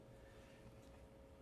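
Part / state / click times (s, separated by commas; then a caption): pressure cable plug into a medical system connector / not seated / none. A pressure cable plug is being lined up at a medical system's connector, turned so its white dot faces the rear of the machine before it is worked in until it clicks. Only a steady hum with a constant tone near 550 Hz and broadband noise is heard, with no sudden sounds. The plug has not seated or clicked yet.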